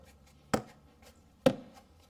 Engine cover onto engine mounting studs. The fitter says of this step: sure you heard it clicking and that's essentially it